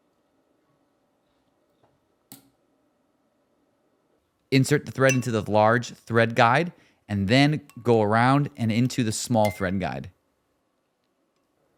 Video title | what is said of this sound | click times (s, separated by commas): Threading & Bobbins for Cobra Class 20-2 - EPISODE 61 | pulling upward the thread will click in and a spring will add tension | 2.3 s